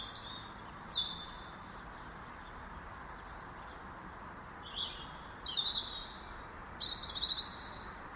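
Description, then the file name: European robin, high thin whistles and short trills in scattered phrases, partly masked by a steady hiss. "Erithacus rubecula"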